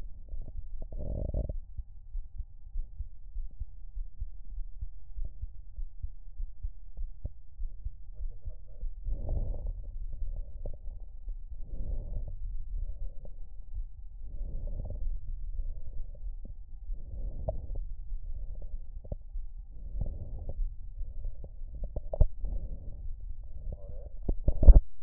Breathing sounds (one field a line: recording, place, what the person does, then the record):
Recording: lung sounds by stethoscope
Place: right anterior apical chest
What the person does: quiet breathing, then deep breathing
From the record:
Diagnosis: interstitial lung disease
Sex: female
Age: 70 years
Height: 160 cm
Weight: 93 kg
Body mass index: 36.3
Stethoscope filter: extended mode